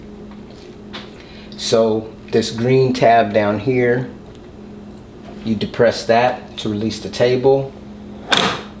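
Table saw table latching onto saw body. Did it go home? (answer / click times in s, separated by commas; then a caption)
yes / 8.3 s. A Festool CSC SYS 50 cordless table saw's table is released by pressing the green release tab and moved onto the saw body while someone talks. A sharp, loud latch click at 8.3 s marks the table clicking into place and seating in position.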